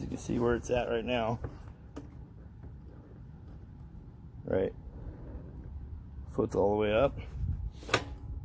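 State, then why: Seated. Someone talks while the aftermarket aluminum forward/reverse shift lever on a Can-Am Ryker three-wheel motorcycle is pushed all the way up. The lever snaps into the reverse detent with a sharp click at 7.9 s, and the trike is confirmed in reverse.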